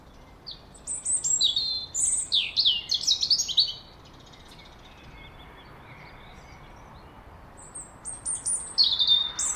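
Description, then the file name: European robin song: a burst of high jumbled twittering and sliding whistles, a long pause, then soft notes building into a new high phrase. "Erithacus rubecula"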